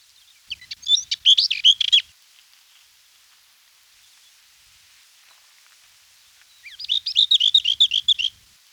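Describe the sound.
Steppe lesser whitethroat singing two quick, scratchy warbling bursts of high twittering notes, one near the start and one near the end, with a long quiet gap between.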